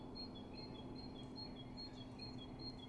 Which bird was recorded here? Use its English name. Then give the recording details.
Great Tit. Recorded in Germany. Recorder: ecoPi